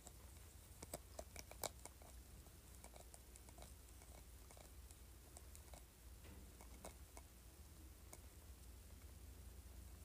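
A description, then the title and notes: Someone scratches at a spray bottle lid, making a string of quick, dry clicks and scrapes that come irregularly across the whole ten seconds, busiest around the first two seconds and near seven to eight seconds. A steady low hum runs underneath throughout. ASMR Scratching Spray Bottle Lid.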